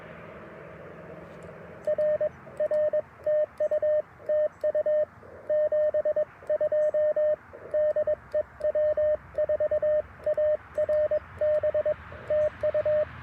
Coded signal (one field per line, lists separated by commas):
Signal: Morse code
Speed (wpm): 22 wpm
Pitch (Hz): 610 Hz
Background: radio noise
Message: R R TU TU 72 DE W4ARB TU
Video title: Mag Loop Antenna for QRP POTA - 10/25/23 @ Tuskegee National Forest (K-4451)